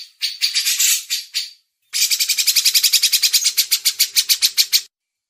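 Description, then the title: Grey-cheeked bulbul giving a short buzzy burst, a pause, then a longer run of rapid, evenly pulsed rasping notes. Masteran (tutor song for training songbirds). "MASTERAN CUCAK JENGGOT"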